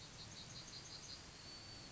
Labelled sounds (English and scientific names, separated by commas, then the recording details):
Yellowhammer (Emberiza citrinella) song
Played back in forest
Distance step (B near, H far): F
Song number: 138